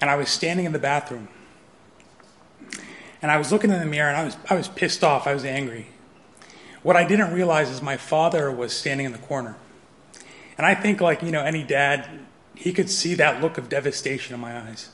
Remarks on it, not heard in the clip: I was shot in the throat with a .38 caliber bullet. I had a ruptured windpipe, the carotid artery, that blood vessel that runs blood to your brain, was injured, and as some of you can hear, I had a paralyzed vocal cord. I had a tracheostomy tube. I had these beet red scars up and down my neck.